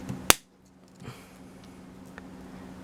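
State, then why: Seated. After a new coin cell is fitted, the two plastic halves of a 2006–2007 Peugeot 207/307 remote key fob are pressed together over the battery. A sharp snap at 0.3 s marks the case clicking shut and seating, followed by a softer knock near 1.1 s and a faint tick around 2.2 s against a low hum.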